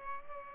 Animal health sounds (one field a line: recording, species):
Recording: mosquito wingbeat signal from an infrared sensor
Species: Culex pipiens